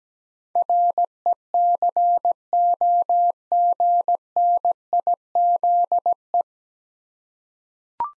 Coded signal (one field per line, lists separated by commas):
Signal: Morse code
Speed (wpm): 17 wpm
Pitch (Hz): 700 Hz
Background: none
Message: RECOGNIZE